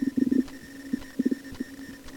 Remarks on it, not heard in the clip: I have a stethoscope sort of cling filmed to my stomach. We're about to listen to me digesting my lunch.